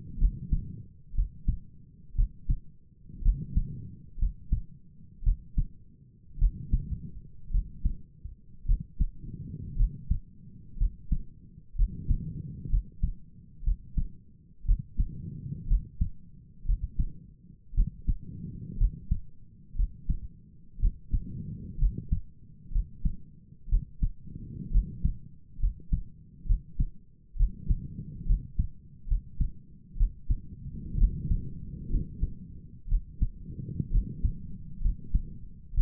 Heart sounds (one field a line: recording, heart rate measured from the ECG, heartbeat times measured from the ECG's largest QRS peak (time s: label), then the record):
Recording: heart sounds by stethoscope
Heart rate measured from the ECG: 61 bpm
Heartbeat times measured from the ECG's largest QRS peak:
0.19 s: heartbeat
1.15 s: heartbeat
2.16 s: heartbeat
3.23 s: heartbeat
4.19 s: heartbeat
5.24 s: heartbeat
6.39 s: heartbeat
7.51 s: heartbeat
8.66 s: heartbeat
9.77 s: heartbeat
10.78 s: heartbeat
11.76 s: heartbeat
12.70 s: heartbeat
13.64 s: heartbeat
14.66 s: heartbeat
15.68 s: heartbeat
16.66 s: heartbeat
17.75 s: heartbeat
18.78 s: heartbeat
19.76 s: heartbeat
20.80 s: heartbeat
21.79 s: heartbeat
22.72 s: heartbeat
23.69 s: heartbeat
24.71 s: heartbeat
25.60 s: heartbeat
26.46 s: heartbeat
27.37 s: heartbeat
28.26 s: heartbeat
29.08 s: heartbeat
29.97 s: heartbeat
30.98 s: heartbeat
31.90 s: heartbeat
32.89 s: heartbeat
33.91 s: heartbeat
34.82 s: heartbeat
35.74 s: heartbeat
From the record:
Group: healthy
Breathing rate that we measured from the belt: 20 breaths a minute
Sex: female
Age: 28 years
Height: 170 cm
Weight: 77 kg